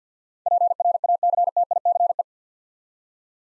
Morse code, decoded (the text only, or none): PRACTICE